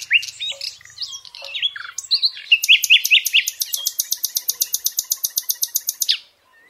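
Nightingale song: varied whistled notes leading into a long, even series of rapid, loud repeated pulses, ending abruptly.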